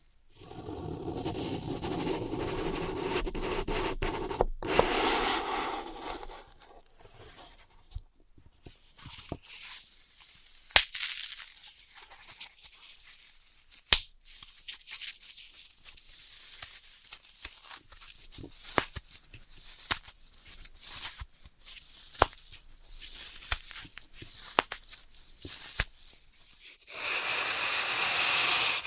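Floral foam is crushed and cut in dense crumbly bursts at the start and end, with scattered sharp taps and crackles between.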